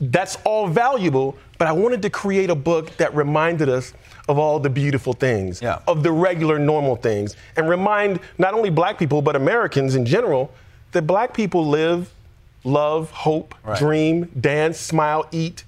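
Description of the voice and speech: Adult male author speaking in a normal voice, with fluent connected speech and brief pauses between phrases.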